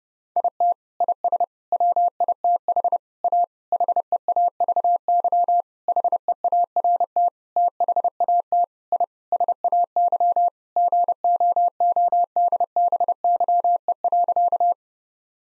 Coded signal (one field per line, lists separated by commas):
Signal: Morse code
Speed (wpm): 32 wpm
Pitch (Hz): 700 Hz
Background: none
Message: IT IS WITH A HEAVY HEART THAT I SAY GOODBYE.